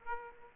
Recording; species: mosquito wingbeat signal from an infrared sensor; Aedes aegypti